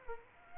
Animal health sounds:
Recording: mosquito wingbeat signal from an infrared sensor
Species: Culex quinquefasciatus

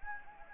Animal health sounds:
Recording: mosquito wingbeat signal from an infrared sensor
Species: Anopheles gambiae

